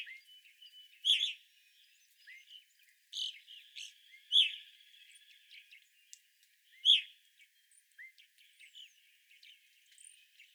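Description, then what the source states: Evening grosbeak calls, loud shrill chirps at irregular intervals among fainter overlapping chirps and short upslurred notes from a busy flock. Flock of evening grosbeaks, 25 April 2021.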